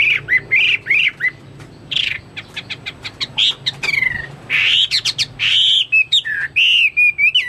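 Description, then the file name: Chinese hwamei song: loud varied whistles, slurred notes, rapid clicking bursts and longer whistled phrases, delivered with short pauses. "omkicau hwamei"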